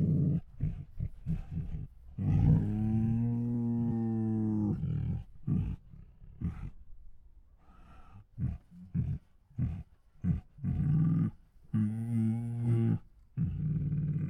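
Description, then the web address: Tiger making a series of short breathy huffs and grunts, with two drawn-out, deep harmonic moans between the bursts. Hungry tiger; groans, huffs and moans. "Sound Ideas Tigers"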